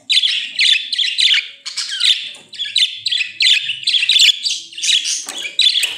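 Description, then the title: Budgerigar chirping, continuous series of high buzzy chirps, several per second, with no real pause. "Budgie Sounds"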